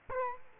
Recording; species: mosquito wingbeat signal from an infrared sensor; Culex quinquefasciatus